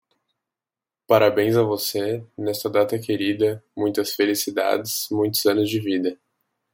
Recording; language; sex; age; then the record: short text; Brazilian Portuguese; male; 20 to 29 years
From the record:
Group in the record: control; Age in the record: 20 years